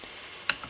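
A small knob is slid into its position on the rotary attachment of a eufyMake UV Printer E1. A single sharp tick at 0.5 s marks the knob going into place, followed by a fainter tick around 0.6 s, against a quiet background. The knob is seated.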